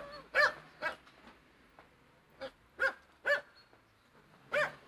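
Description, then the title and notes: Dog barking in several spaced, yelping barks with uneven gaps. Two dogs shut inside a car at a parking lot at midday, Turmstrasse, Monheim, North Rhine-Westphalia; nearfield recording. "monheim, turmstrasse, 2 hunde im auto. mittags am parkplatz, zwei hunde in einem auto. soundmap nrw"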